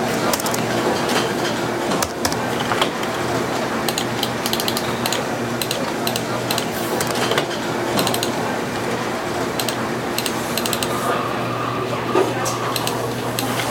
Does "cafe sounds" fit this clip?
yes